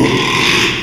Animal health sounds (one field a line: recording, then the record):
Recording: squeal of a Yucatan mini pig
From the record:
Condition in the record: after surgery on the right vocal fold (resection and tissue-engineered implant)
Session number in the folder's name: 1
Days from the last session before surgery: 6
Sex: male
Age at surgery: 12 weeks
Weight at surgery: 13 kg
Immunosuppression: cyclosporine, prednisolone